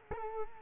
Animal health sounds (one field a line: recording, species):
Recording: mosquito wingbeat signal from an infrared sensor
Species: Culex quinquefasciatus